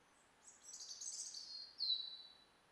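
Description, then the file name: European robin song: a thin, high warbled phrase followed by a sharp descending whistle, all well above the low range, over faint steady background hiss. "Erithacus rubecula"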